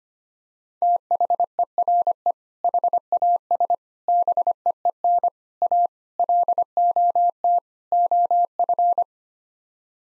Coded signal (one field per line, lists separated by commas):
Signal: Morse code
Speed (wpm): 25 wpm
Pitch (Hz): 700 Hz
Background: none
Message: THERE HAS BEEN A LOT OF